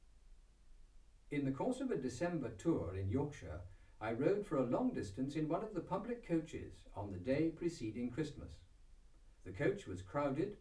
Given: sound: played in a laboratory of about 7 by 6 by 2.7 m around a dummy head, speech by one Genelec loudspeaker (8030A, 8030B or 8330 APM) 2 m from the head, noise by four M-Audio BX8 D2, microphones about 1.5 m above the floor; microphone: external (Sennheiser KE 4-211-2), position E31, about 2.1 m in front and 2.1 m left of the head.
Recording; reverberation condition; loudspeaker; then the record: male speech in English; low; 120 degrees to the right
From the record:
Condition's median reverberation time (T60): about 310 ms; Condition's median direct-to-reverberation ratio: about 3.5 dB